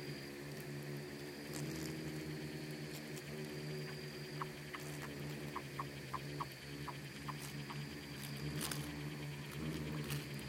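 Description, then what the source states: Insects buzz in a low continuous swarming drone, with a run of short evenly spaced ticks in the middle and occasional crisp clicks. Bugs and beetles swarming in the Namib desert, which seems quiet at first listen but is full of soundscapes and micro-sounds.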